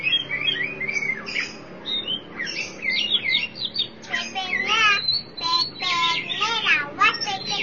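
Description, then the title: Oriental magpie-robin song: varied whistles, then rapid warbled, wavering phrases. "Suara Kicauan Burung Kacer Durasi Panjang"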